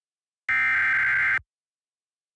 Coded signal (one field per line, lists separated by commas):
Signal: Emergency Alert System (SAME) tones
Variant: header bursts